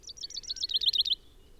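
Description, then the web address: Common chaffinch song: a series of bright high notes falling step by step in pitch, with faint low hiss beneath. "SETE Fringilla coelebs"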